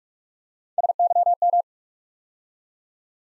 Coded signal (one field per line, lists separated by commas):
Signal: Morse code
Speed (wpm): 44 wpm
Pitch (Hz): 700 Hz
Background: none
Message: SYM